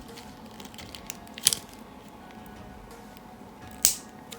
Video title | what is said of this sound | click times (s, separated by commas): REVIEW: SH Figuarts Zamasu Potara Action Figure from Dragon Ball Super | okay so it does click you go from the below first and then you push the top | 3.9 s